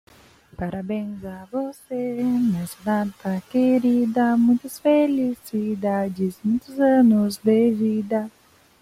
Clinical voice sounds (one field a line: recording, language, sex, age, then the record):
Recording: short text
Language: Brazilian Portuguese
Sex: female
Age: 20 to 29 years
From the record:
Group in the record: control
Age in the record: 20 years